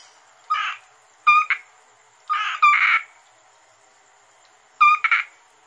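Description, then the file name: Asian grass frog calls: short rasping croaks, some doubled, with ringing tonal bands, spaced irregularly with pauses. "rana limnocharis yannick dauby gruenrekorder"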